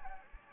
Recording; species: mosquito wingbeat signal from an infrared sensor; Anopheles gambiae